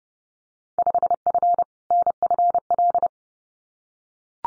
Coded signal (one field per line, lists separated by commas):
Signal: Morse code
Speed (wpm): 30 wpm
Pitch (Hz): 700 Hz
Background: none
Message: 5F NFL